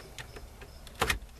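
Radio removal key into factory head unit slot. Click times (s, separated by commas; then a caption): 1.0 s, 1.1 s. A radio removal key is pushed into the slot of the factory head unit on a 2001–2007 Ford Escape and latches onto the spring clip. Faint ticks sound early on, followed by two sharp clicks at 1.0 and 1.1 seconds as the key seats.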